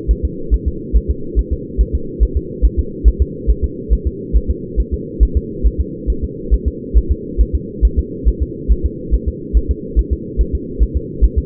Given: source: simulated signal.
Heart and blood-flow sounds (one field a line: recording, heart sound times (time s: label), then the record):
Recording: fetal heart sounds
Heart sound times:
0.11 s: S1
0.25 s: S2
0.54 s: S1
0.68 s: S2
0.96 s: S1
1.10 s: S2
1.39 s: S1
1.53 s: S2
1.81 s: S1
1.95 s: S2
2.23 s: S1
2.37 s: S2
2.65 s: S1
2.79 s: S2
3.08 s: S1
3.22 s: S2
3.50 s: S1
3.64 s: S2
3.93 s: S1
4.07 s: S2
4.36 s: S1
4.50 s: S2
4.80 s: S1
4.94 s: S2
5.23 s: S1
5.37 s: S2
5.66 s: S1
5.81 s: S2
6.10 s: S1
6.24 s: S2
6.54 s: S1
6.68 s: S2
6.97 s: S1
7.12 s: S2
7.41 s: S1
7.55 s: S2
7.85 s: S1
7.99 s: S2
8.28 s: S1
8.42 s: S2
8.72 s: S1
8.86 s: S2
9.14 s: S1
9.28 s: S2
9.57 s: S1
9.71 s: S2
9.99 s: S1
10.13 s: S2
10.41 s: S1
10.55 s: S2
10.83 s: S1
10.97 s: S2
11.24 s: S1
11.38 s: S2
From the record:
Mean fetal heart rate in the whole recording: 140 bpm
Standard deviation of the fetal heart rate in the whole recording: 2 bpm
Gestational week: 34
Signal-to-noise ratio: -4.3 dB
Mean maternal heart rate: 72 bpm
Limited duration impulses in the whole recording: present